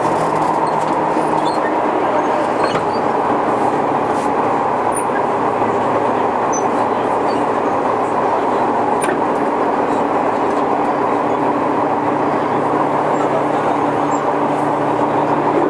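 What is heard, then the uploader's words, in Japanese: Running sound from inside a commuter electric train, a dense, steady rumble and whir that holds evenly throughout with no stops or pauses. Low droning tones sit under a brighter rushing layer, with faint clicks and small knocks scattered across the top. 東武鉄道20000系電車の走行音です。東京地下鉄日比谷線への直通する普通列車で録音しました。区間は、西新井から上野までです。東武20000系 普通 西新井から地下鉄上野まで。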